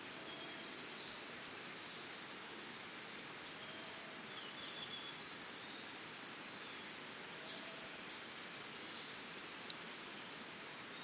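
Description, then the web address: Cricket: a dense, shrill insect trill of crickets runs without pause, joined by brief sharp bird chips and a faint hiss of background noise. Crickets with birds, early morning, Costa Rica, forest and jungle setting. "Big Room Sound Birds Crickets Costa Rica Early Morning 4"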